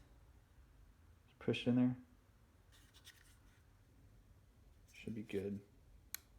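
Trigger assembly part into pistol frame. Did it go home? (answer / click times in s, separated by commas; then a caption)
yes / 6.1 s. A finger pushes the trigger assembly part into the polymer frame of a Sig P365 during a frame swap while someone talks. Soft handling and scraping sounds come between the speech, then a single sharp click at 6.1 seconds marks the part seating fully in the frame.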